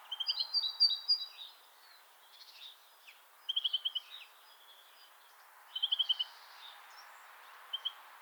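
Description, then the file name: European greenfinch song fragments: short rapid trills and twitters in bursts separated by pauses, over steady background hiss. "Chloris chloris"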